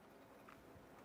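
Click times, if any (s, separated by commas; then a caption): none. During a radiator replacement on a 2008–2012 Honda Accord, the plastic lower trim panel is handled as it is fitted, with its push-button retainers lined up to be pressed into the body holes. Only low, steady handling noise is heard, with a faint soft bump near 0.5 s. Nothing has seated or clicked yet.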